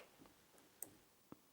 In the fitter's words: not sure if you heard that but that was the little click cut off the excess